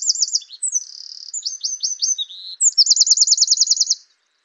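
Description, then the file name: Eurasian wren song, shrill and energetic, mixing short trills, buzzy notes and stuttering chips, then closing with a long rapid trill of evenly repeated high notes. "Troglodytes troglodytes"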